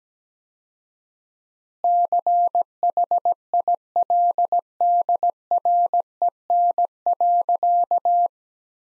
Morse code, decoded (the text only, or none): CHILDREN.